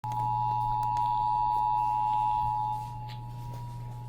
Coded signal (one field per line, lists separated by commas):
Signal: Emergency Alert System (SAME) tones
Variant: 853 and 960 Hz attention tone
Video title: Eas svr on KUHF 88.7fm and Kyaz 51.1 Eas#1004- 1005)